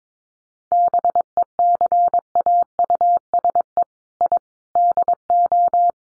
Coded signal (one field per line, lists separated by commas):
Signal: Morse code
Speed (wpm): 22 wpm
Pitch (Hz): 700 Hz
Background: none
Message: BECAUSE I DO